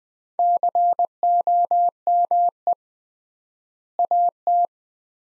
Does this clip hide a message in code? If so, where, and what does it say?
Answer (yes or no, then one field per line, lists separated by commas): yes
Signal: Morse code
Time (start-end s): 0.4-4.7 s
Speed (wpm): 20 wpm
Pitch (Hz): 700 Hz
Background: none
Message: COME AT